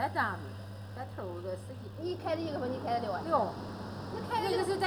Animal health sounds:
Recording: poultry house recording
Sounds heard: no chicken sound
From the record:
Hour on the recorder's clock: 13

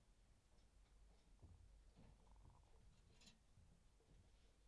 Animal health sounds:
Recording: poultry house recording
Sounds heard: sick chickens (respiratory disease)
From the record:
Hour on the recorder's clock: 0

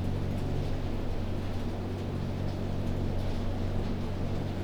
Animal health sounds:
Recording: poultry house recording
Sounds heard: no chicken sound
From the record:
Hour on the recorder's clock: 22

